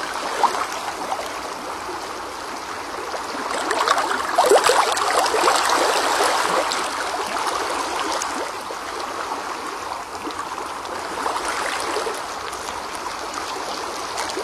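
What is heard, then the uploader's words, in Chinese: Flowing water runs steadily, a dense rushing hiss full of fine bubbling and splashing detail. It swells a little louder around four to seven seconds and again near twelve, then settles, with little low rumble underneath. 水流系列二柔。水深静流。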